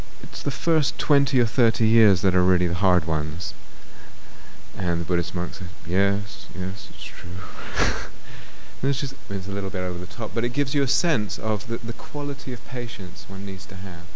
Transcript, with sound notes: it's the first twenty or thirty years that are really the hard ones." And the Buddhist monk said, "Yes, yes. That's true." [laughs] It's a little bit over the top, but it gives you a sense of the quality of patience one needs to have.